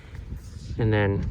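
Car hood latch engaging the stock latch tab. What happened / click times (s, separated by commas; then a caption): Handled, no seating click yet: hood latch not yet locked / none. A carbon fiber hood on a BMW E90/E91/E92/E93 is being handled, with its latch about to engage the stock latch tab. Quiet low rumble and handling noise are heard while someone talks near the end, and the hood has not latched or clicked into place yet.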